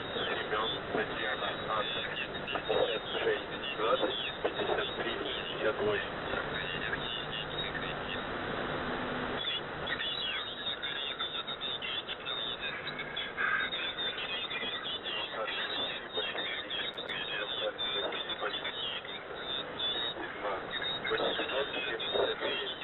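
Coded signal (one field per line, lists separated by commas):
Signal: coded military voice message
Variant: The Pip, Russian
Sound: distorted Russian male voice reading a coded message through heavy shortwave noise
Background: radio static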